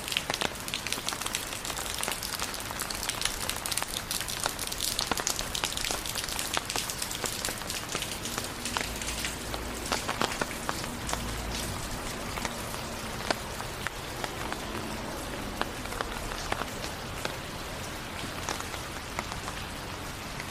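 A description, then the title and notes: Rain falls steadily throughout, a dense hiss scattered with countless sharp drops and patters. From about 8 to 15 seconds a low, steady hum runs underneath, like a passing vehicle or engine, then fades as the rain continues unchanged. Long Walk In The Rain Around The Neighborhood.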